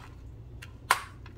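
A pistol is pushed into a Kydex inside-the-waistband holster, where a sharp click at 0.9 s is preceded by a faint tap at 0.6 s and followed by a softer one at 1.3 s. The click signals that the gun is seated and retained, so it won't come loose or fall out.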